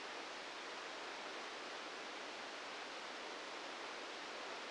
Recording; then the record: brain microelectrode recording played as sound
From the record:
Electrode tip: inside the subthalamic nucleus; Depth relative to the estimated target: 0 mm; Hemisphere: left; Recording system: NeuroSet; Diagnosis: Parkinson's disease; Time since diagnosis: 13 years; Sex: male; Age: 65 years